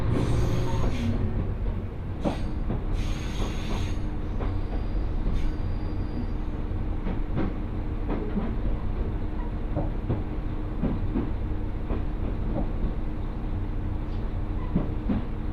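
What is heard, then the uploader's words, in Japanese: A Mizushima Rinkai Railway train runs with a steady low rumble, frequent wheel clacks and knocks, and brief bright hissing bursts in the first seconds. 耳で楽しむ鉄道旅 水島臨海鉄道 倉敷市→三菱自工前。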